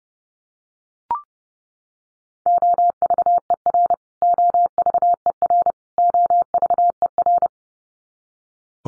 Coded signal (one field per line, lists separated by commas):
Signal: Morse code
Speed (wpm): 30 wpm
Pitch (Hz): 700 Hz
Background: none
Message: OVER OVER OVER